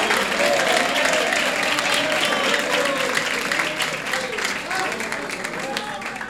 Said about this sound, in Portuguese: Desocupe as mãos, todos. Desocupe as mãos. E agora palmas. Mais forte, aleluia, aleluia.